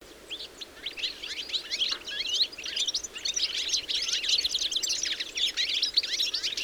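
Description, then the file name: European goldfinch twittering, a rapid run of sparkling high chirps and trills that builds and stays dense to the end. "Carduelis carduelis"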